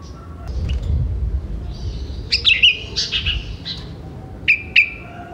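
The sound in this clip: Sooty-headed bulbul singing quick, liquid chirping notes in a cluster, then two sharp clear notes near the end, over a low background rumble.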